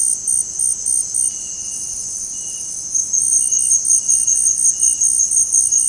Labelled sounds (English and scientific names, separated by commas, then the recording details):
Cinereous Tinamou (Crypturellus cinereus)
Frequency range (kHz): Cinereous Tinamou (Crypturellus cinereus) 1.1-2.3 kHz
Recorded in dense forest near Puerto Asís, Putumayo, Colombia, on 23 June 2025 at 18:00
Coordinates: 0.486, -76.317
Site G065